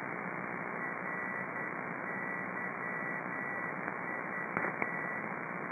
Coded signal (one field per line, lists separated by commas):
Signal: Morse code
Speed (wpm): 10 wpm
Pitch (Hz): 1950 Hz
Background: radio noise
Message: RYV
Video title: NDB reception and Morse display with Airspy & Spyverter